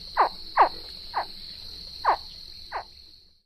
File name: American Alligator (Wild America)